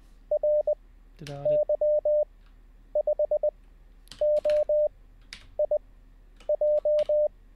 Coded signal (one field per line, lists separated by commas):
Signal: Morse code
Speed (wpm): 20 wpm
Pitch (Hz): 600 Hz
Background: none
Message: RY5OIJ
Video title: How To Learn Morse Code LIVE with N0SSC (Day 14)